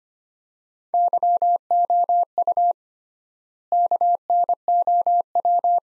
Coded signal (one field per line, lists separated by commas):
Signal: Morse code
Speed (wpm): 25 wpm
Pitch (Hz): 700 Hz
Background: none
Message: YOU KNOW